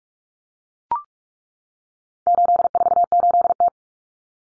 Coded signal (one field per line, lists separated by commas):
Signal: Morse code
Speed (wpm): 44 wpm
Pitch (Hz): 700 Hz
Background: none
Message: 848T